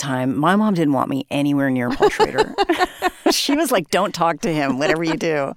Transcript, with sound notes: My mom didn't want me anywhere near Paul Schrader.
(Laughter).
She was like, don't talk to him, whatever you do.